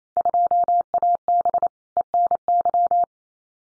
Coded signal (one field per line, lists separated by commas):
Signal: Morse code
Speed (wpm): 28 wpm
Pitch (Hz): 700 Hz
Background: none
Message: 2AB ENY